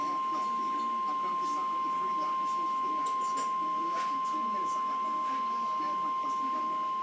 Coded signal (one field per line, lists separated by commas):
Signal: Emergency Alert System (SAME) tones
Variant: 1050 Hz attention tone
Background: speech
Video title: Severe Thunderstorm Warning-(EAS #123)